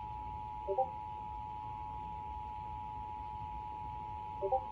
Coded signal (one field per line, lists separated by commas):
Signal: Emergency Alert System (SAME) tones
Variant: 853 and 960 Hz attention tone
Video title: EAS Statewide Required Monthly Test for New Jersey on WDPN (New Ticker!) (EAS #294)